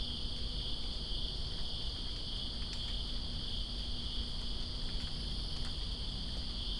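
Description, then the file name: Continuous cricket trilling, bright and unbroken, layered over the steady wash of rain with occasional clicks. Crickets recorded in Greensboro on September 2, 2017, during rain. "Greensboro Crickets And Rain September 02 2017"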